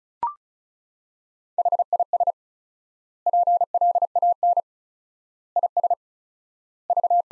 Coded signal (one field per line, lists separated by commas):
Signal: Morse code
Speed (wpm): 36 wpm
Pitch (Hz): 700 Hz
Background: none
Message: HIS PLAN IS V